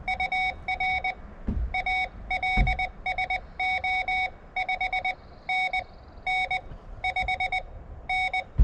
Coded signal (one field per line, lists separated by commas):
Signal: Morse code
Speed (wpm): 20 wpm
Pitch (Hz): 2250 Hz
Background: none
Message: UR ALSO 5N N 5N